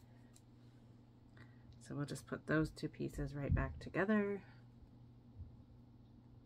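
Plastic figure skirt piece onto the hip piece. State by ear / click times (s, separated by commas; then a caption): not seated / none. Two small plastic parts of a Nendoroid figure, the skirt piece and the hip/underwear piece, are handled as they are about to be pushed back together while someone talks, with a few faint ticks around 0.4 s and 1.4 s. The clip ends before the skirt snaps onto the hips, so nothing has seated or clicked yet.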